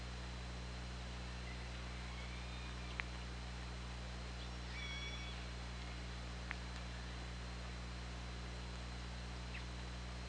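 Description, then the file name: Orca call: a faint stacked tonal call with several harmonics midway, plus scattered clicks, over continuous low hum and background hiss. OrcaLab hydrophone, 24 August 2017, 20:39. "Orca Lab UTLN JASON 20170824 203951"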